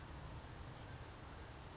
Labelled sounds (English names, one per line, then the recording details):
Oak Titmouse
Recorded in Sonoma County, California